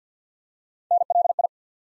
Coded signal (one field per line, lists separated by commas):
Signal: Morse code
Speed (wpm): 48 wpm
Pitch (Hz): 700 Hz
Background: none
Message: NLI